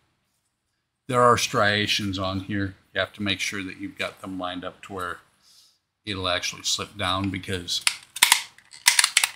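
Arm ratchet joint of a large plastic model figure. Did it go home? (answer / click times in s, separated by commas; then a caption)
yes / 8.2 s, 8.9 s, 9.2 s. Someone talks while lining up the striations on the arm ratchet joint of a large plastic Agora 1:2 scale Alien model figure. The arm is then pushed down onto the joint, and it clicks into place in steps at about 8.2, 8.9 and 9.2 seconds. The arm is seated, and the ratcheting clicks are what hold it in position.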